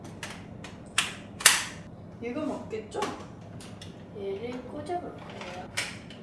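A vacuum wand is handled and lined up to go into the body of a Dyson V12s Detect Slim Submarine Complete cordless vacuum, with sharp plastic knocks and rattles around 1.0 s and 1.5 s, and someone talks throughout. Nothing has seated or clicked yet.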